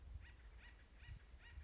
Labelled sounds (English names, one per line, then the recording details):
Acorn Woodpecker
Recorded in Sonoma County, California